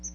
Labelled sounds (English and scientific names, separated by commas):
Chestnut-sided Warbler (Setophaga pensylvanica) flight call